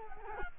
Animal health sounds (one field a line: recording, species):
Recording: mosquito wingbeat signal from an infrared sensor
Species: Culex quinquefasciatus